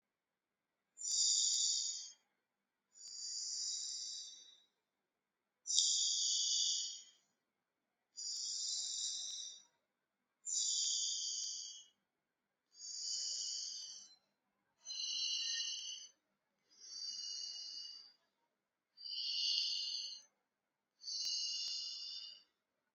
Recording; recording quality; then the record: deep breathing; excellent, no background noise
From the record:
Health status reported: recovered from COVID-19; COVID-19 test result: negative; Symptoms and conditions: none ticked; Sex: male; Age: 24 years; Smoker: not ticked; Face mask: not worn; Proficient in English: yes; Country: India